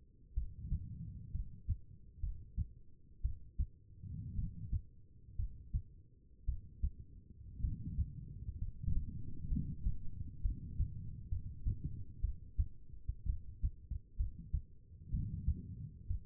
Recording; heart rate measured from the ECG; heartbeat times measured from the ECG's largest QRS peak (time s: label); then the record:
heart sounds by stethoscope; 61 bpm
0.34 s: heartbeat
1.31 s: heartbeat
2.20 s: heartbeat
3.22 s: heartbeat
4.35 s: heartbeat
5.36 s: heartbeat
6.45 s: heartbeat
7.61 s: heartbeat
8.59 s: heartbeat
9.48 s: heartbeat
10.42 s: heartbeat
11.29 s: heartbeat
12.21 s: heartbeat
13.26 s: heartbeat
14.17 s: heartbeat
15.11 s: heartbeat
16.07 s: heartbeat
From the record:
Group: healthy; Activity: rest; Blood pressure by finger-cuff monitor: 103/69 mmHg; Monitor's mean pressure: 78 mmHg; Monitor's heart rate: 62 bpm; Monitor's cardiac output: 4.5 L/min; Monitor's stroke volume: 73 mL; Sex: female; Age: 36 years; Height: 163 cm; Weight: 88 kg